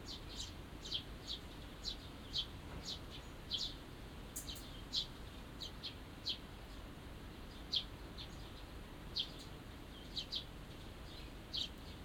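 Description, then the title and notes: Small birds chirping, bright high tweets repeated in an uneven rhythm, over a low steady background rumble. Birds singing in a small garden in a corner of Yushima Tenjin shrine, Tokyo, surrounded by buildings, after rain; binaural. "小鳥のさえずり、雨上がりの庭園にて（Binaural）- Birds singing in the garden. 湯島天神の片隅にある小さな庭園で録音しました。"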